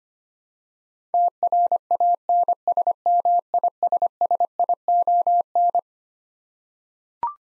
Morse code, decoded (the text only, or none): TRANSMISSION